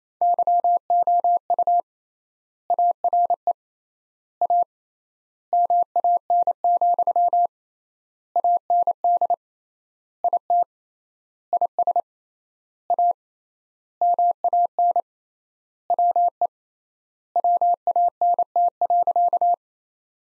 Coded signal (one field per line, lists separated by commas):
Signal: Morse code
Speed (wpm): 28 wpm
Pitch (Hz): 700 Hz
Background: none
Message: YOU ARE A MAN, AND IT IS A MAN WE WANT.